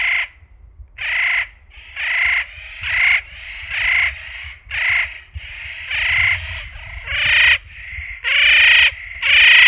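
Spotted nutcracker giving harsh, rasping calls about once a second, a long series of broad, grating notes that grow louder toward the end.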